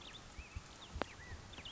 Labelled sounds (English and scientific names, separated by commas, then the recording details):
California Quail (Callipepla californica)
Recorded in Sonoma County, California